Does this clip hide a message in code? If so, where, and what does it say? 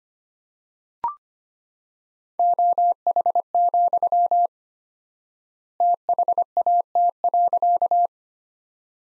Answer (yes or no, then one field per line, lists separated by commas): yes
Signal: Morse code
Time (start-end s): 2.4-8.1 s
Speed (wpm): 25 wpm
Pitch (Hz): 700 Hz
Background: none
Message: OH, THAT.